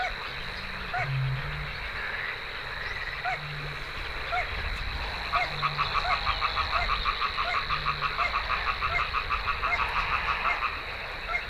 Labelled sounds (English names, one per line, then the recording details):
Little Crake
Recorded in the wild
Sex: male
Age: adult
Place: Kützerhof, Kummerower See, Mecklenburg-Vorpommern, DE
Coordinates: 53.8561, 12.8647
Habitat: wetland
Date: 2010-06-06 23:33
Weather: clear, 15°C, weak northerly winds
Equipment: Sound Devices 702, Sennheiser MKH 70, Rycote Windschutz
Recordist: Frommolt, Karl-Heinz